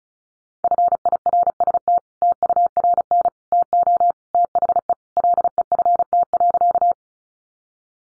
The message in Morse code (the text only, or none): FIRST TURN TO THE LEFT.